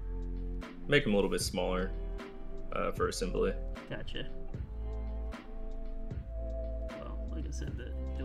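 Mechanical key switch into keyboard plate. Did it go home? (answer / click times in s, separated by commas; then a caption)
no / none. A mechanical key switch is handled and pushed toward a milled acrylic keyboard plate assembly while someone talks over background guitar music. Nothing has seated or clicked yet when the clip ends.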